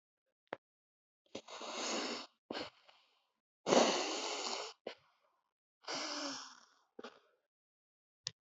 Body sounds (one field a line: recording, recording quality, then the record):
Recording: shallow breathing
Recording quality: excellent, no background noise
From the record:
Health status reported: healthy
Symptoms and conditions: none ticked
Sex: female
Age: 25 years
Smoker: not ticked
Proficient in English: yes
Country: India